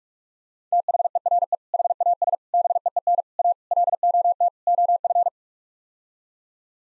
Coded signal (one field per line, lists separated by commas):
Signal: Morse code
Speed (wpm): 46 wpm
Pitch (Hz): 700 Hz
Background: none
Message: THERE HAS BEEN A LOT OF